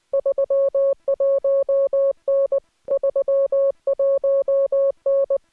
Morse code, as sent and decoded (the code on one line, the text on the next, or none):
...-- .---- -. / ...-- .---- -.
31N 31N